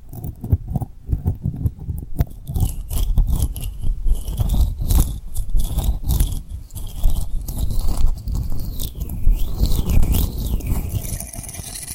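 Dense, quick tapping and rubbing on rhinestones with soft wet mouth clicks, joined after two seconds by a high wavering squeak that rises and falls.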